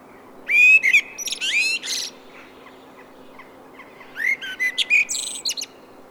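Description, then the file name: Common blackbird song: two fluty whistled phrases, each sliding into rapid squeaky high notes, separated by a short lull with faint hum in the background. "Turdus merula"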